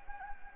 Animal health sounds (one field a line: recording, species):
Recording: mosquito wingbeat signal from an infrared sensor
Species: Anopheles gambiae